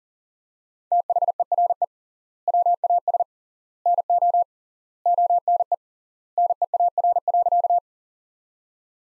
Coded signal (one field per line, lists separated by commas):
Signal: Morse code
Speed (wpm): 40 wpm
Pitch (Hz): 700 Hz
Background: none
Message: THERE WAS NO ONE NEAR.